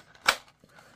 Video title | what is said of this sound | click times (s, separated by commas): Work Tuff Gear Mt. Lion IS A BEAST. | got that really good positive click | 0.3 s